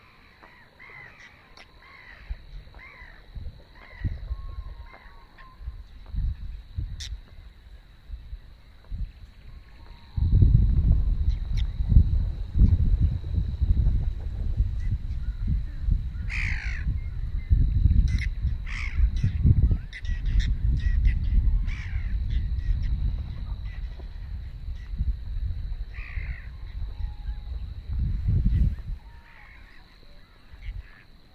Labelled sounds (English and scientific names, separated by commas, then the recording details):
Whiskered Tern (Chlidonias hybrida) call
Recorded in the wild
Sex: diverse
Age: adult
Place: Warsow, Kummerower See, Mecklenburg-Vorpommern, DE
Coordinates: 53.8364, 12.8372
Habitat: wetland
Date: 2012-05-24 05:18
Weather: 8°C, sunny, weak winds from NE
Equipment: Sound Devices 702, Sennheiser MKH 70, Rycote Windschutz
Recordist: Frommolt, Karl-Heinz
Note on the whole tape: Polder Große Rosin bei Warsow: Rufe von Weißbartseschwalben im Flug